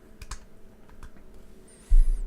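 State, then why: Seated. A plastic e-liquid pod is pushed back into the body of an Aspire Element NS20 vape device and snaps into place with a sharp click at 0.3 s, with lighter clicks around 0.2, 0.9 and 1.0 s. The device then fires, followed by a faint high whistling tone and a loud low rumble from about 1.9 s. The pod is seated.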